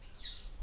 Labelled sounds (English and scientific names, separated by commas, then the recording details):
Stitchbird (Notiomystis cincta) song
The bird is a male
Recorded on Tiritiri Matangi Island, New Zealand, in 2005
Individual 11, of nest box 13